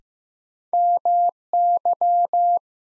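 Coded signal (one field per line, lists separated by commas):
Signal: Morse code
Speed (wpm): 16 wpm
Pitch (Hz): 700 Hz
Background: none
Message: MY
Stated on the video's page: Morse new-word head-copy drill at 15 wpm; each word sent, spoken, then sent again.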